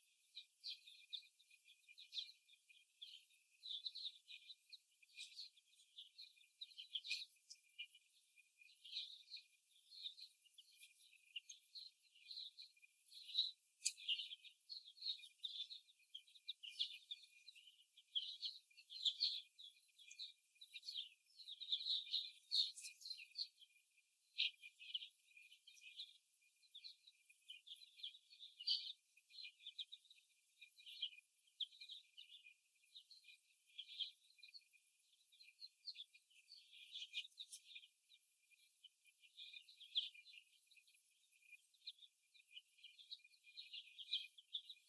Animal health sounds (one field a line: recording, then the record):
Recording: young laying hens in a cage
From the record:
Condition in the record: after the stressor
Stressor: simulated dog barking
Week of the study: 1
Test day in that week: 1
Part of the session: 3